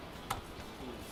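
On a factory line, a tabbed part is pressed with a tool into two small mounting holes on a motherboard. A single sharp snap at 0.3 s, about 24 dB above the low background hum, marks the second part seating into the holes.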